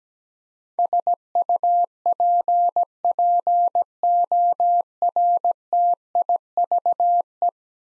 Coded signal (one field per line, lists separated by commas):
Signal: Morse code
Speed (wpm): 17 wpm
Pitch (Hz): 700 Hz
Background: none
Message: SUPPORTIVE